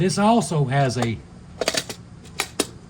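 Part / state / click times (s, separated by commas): distributor cap tab into distributor housing slot / seated / 2.6 s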